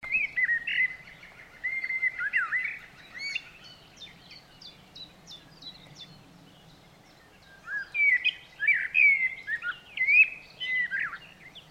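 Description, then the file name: Eurasian blackbird singing two mellow whistled phrases, the first closing with a run of thin high chittering notes, the second longer and more varied. "Turdus merula"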